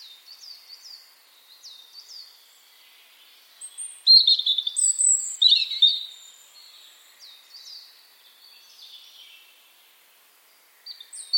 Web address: cianscape birddata Deverinetal 2025 File origin Bird Only Er Ru